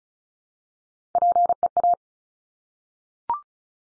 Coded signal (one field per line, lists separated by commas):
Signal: Morse code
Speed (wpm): 36 wpm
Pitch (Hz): 700 Hz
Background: none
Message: PEA